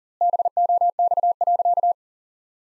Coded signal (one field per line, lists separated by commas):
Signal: Morse code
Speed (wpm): 40 wpm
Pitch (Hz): 700 Hz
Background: none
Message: BOX.